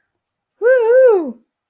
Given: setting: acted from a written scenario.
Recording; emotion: vocal sound without words; triumph